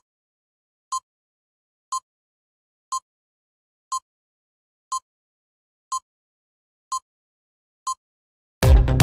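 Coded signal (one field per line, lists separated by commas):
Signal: none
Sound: intro chime beeps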